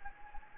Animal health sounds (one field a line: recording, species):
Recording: mosquito wingbeat signal from an infrared sensor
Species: Anopheles gambiae